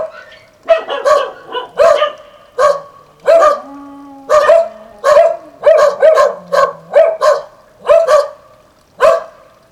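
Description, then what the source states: Dogs barking in short sharp yaps with brief pauses, a low droning tone showing up between barks. Several dogs at El Borge.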